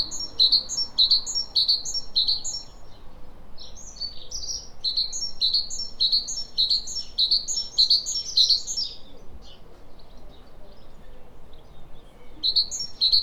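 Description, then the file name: Great tit repeating high, bright two-note phrases in long rapid bursts, briefly pausing and then starting again near the end. "Parus major"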